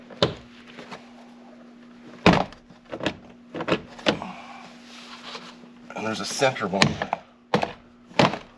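The plastic interior door panel of a Saturn Ion is pulled away from the metal car door during a power window repair, and its push-in trim clips release with loud pops at 0.2, 2.3 and 4.1 seconds. Further sharp pops and knocks follow, and someone talks in between.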